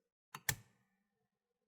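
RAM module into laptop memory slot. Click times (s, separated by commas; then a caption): 0.3 s, 0.5 s. An SO-DIMM memory stick is inserted at a 45-degree angle into the memory slot of an HP 15-cw1012 laptop and pressed down toward the motherboard. Two sharp clicks are heard at 0.3 s and 0.5 s, the second one louder, as the two side retention clips snap. The RAM module is seated.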